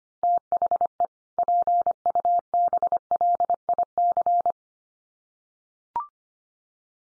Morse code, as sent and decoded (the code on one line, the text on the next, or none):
- .... . / .--. ..- -... .-.. .. -.-.
THE PUBLIC